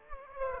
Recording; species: mosquito wingbeat signal from an infrared sensor; Aedes aegypti